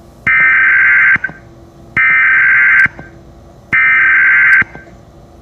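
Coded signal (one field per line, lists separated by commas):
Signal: Emergency Alert System (SAME) tones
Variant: header bursts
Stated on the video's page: Fictional EAS scenario made for a fan-made story, not a real alert.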